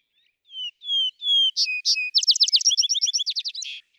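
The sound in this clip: Vesper sparrow gives three drawn-out whistles, two buzzy notes, then a fast, jumbled trill of bright chips ending in a harsh buzz.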